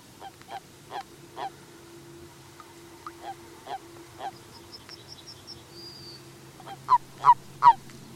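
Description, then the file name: Common toad calls: soft repeated croaks that grow louder toward the end, with a thin high whistle and a steady low hum. "varangy"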